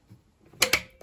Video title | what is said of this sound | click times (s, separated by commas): #105. Новые помощники на кухне. [Жизнь на своей земле] | до щелчка закрываем и нажимаем кнопку запайка | 0.6 s